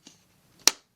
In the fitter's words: Well, that's a very secure quick lock.